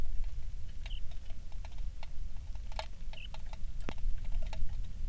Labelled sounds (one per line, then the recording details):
songbird
rain
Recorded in the Prudhoe Bay oil fields, Alaska, on 27 July 2019 at 18:10
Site 19